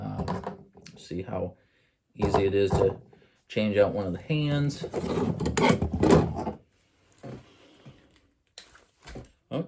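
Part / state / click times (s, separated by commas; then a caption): swappable hand on an action figure's wrist peg / released / 8.6 s. A swappable plastic hand is pulled off the wrist peg of a 1/6 scale MONDO Masters of the Universe Keldor action figure, and the wrist bracer comes off with it. Someone talks through most of the clip, then faint handling sounds follow. A sharp pop at 8.6 s marks the hand releasing from the peg.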